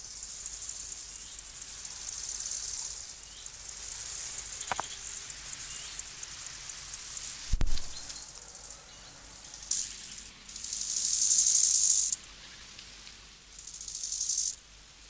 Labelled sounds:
Bow-winged Grasshopper (Chorthippus biguttulus) stridulation
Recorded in the wild
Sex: male
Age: imago
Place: Buchorster Teiche, Brandenburg, DE
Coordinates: 52.6736, 13.3908
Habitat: pond
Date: 1983-08-27 12:12
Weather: sunny, 20°C
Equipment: Nagra SN (Automatic), Sennheiser MKH 416 T, Kopie Uher 4000 Report Monitor
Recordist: Tembrock, Günter

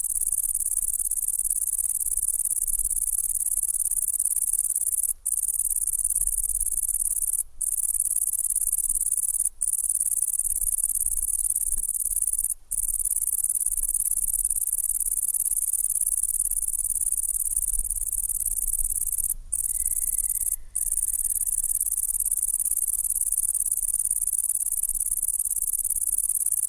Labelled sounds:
Great Green Bush-cricket (Tettigonia viridissima) stridulation
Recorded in the wild
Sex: male
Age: imago
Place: Zühlsdorf, Briesetal, Brandenburg, DE
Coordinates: 52.734, 13.375
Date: 1998-08-11 15:50
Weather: heiter, 25°C
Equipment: Sony MD-WM MZ-R3, Sennheiser ME 80, Kopie Uher 4000 Report Monitor
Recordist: Tembrock, Günter

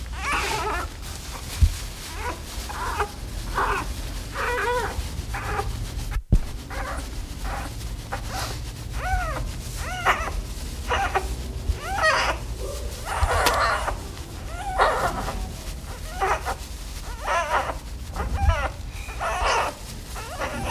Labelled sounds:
Sun Bear (Helarctos malayanus) call
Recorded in captivity
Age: juvenile
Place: Tierpark Berlin, Berlin, DE
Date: 1977-02-17 14:00
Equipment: Nagra SN, AKG CK 5, Kopie Uher 4200
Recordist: Tembrock, Günter
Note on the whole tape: Jungtier(15 Tage alt), bei der künstlichen Ernährung durch die Pflegerin. Lautgebung vor allem zwischen dem Saugen (bei Körperreinigung durch die Pflegerin). Abstand ca. 1 m

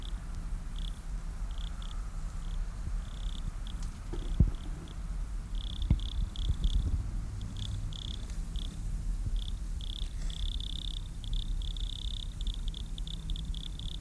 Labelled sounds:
Wood Cricket (Nemobius sylvestris) stridulation
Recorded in the wild
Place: Gößweinstein, Fränkische Schweiz, Bayern, DE
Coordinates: 49.72, 11.07
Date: 1995-09-11 10:59
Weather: sonnig, 19°C
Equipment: Marantz CP 430, Sennheiser ME 80, Kopie Uher 4000 Report Monitor
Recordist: Tembrock, Günter

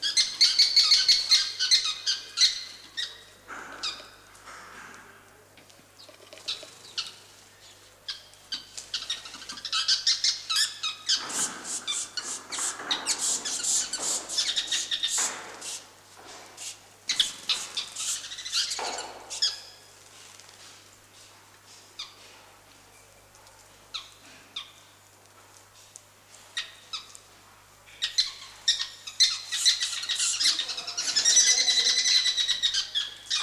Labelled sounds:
Sociable Weaver (Philetairus socius) call
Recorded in captivity
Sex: group
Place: Tiergarten Wilhelma/Stuttgart, Baden-Württemberg, DE
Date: 2004-10-03 14:47
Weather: overcast, 17°C
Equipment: Sony WM-D6C, Sennheiser ME 80, Kopie Uher 4000 Report Monitor
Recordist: Tembrock, Günter

